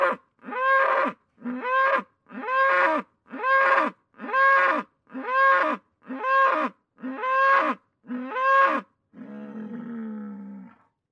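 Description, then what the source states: Bull giving a rapid series of about nine short, rough, forceful bellows, roughly one per second, ending with a longer, lower drawn-out moo. Bull becoming angry.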